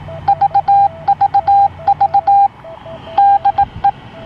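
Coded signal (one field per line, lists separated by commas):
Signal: Morse code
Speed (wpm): 18 wpm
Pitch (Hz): 800 Hz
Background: radio noise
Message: VVV DE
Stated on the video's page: 2.4 GHz beacon on Mount Asama at Ise, received from Mount Ontake, Nagano, with a cheap Chinese log-periodic antenna.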